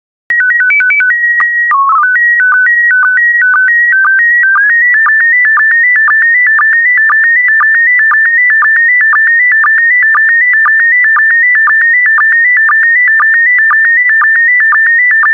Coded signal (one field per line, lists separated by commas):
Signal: SSTV (slow-scan television)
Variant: PD 120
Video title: 60093 Skiing in Switzerland SSTV PD120